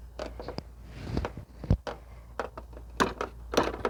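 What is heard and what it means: A torque wrench set to 45 ft-lb tightens the blade bolt on a Lawn-Boy lawn mower with a Kohler XT-650 engine. A series of short knocks and clicks is heard, with the wrench giving its click at the setting at 2.4 s. The bolt is confirmed tightened to 45 ft-lb.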